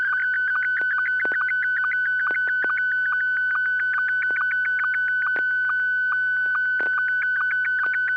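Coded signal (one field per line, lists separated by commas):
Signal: SSTV (slow-scan television)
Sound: steady whining tone broken by rapid regular short ticks, continuous throughout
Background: low hum, radio clicks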